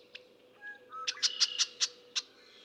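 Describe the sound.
Red-winged blackbird song, a few soft lead-in notes followed by a run of six harsh pulsed notes, with a faint steady tone in the background.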